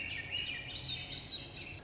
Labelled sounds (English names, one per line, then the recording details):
Swainson's Thrush
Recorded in Sonoma County, California